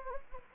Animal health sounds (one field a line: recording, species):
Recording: mosquito wingbeat signal from an infrared sensor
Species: Anopheles gambiae